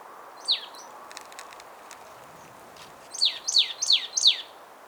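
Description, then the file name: Marsh tit calls: a single sharp downslurred note, then a quick run of four similar downslurred high notes near the end, over faint background hiss. "Poecile palustris"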